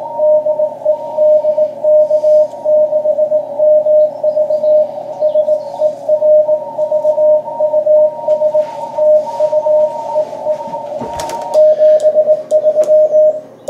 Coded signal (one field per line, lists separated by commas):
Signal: Morse code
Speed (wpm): 18 wpm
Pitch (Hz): 620 Hz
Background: radio noise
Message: DE DK6MV SERVUS TU EE 73